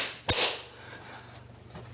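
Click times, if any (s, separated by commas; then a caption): 0.3 s. An in-wall speaker is pushed into its wall cutout and pops into place with one sharp snap at 0.3 s, followed by a brief bright decay and then a quiet low hum. The speaker is seated.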